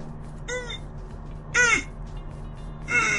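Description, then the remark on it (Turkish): A person mimics an electric drill with three short, whining vocal bursts, each a harmonic buzz that bends in pitch, spaced roughly a second apart over a low steady hum. “Matkap sesini inanılmaz yaptın.”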